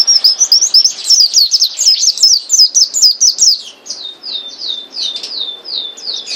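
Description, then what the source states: White-eye song: a fast run of high, sharp, slurred chirps, loud for the first few seconds, then softer downslurred notes repeated at a lively pace. Indonesian listing calls it pleci mata putih dada kuning, white-eyed and yellow-breasted, singing gacor, continuously and vigorously.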